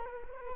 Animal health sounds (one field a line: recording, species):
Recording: mosquito wingbeat signal from an infrared sensor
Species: Culex quinquefasciatus